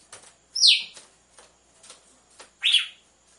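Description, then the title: Red-cowled cardinal: two loud, descending slurred whistles a couple of seconds apart, with soft ticking between. Female song, used to warm up males. "Canto Galo Campina Fêmea 01. ESQUENTE GALO DE CAMPINA COM BATIDA DE DOIS MACHOS"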